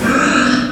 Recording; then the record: squeal of a Yucatan mini pig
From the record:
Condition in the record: after surgery on the right vocal fold (resection and tissue-engineered implant); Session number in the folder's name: 7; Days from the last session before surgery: 47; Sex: female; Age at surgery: 19 weeks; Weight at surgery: 25 kg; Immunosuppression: prednisolone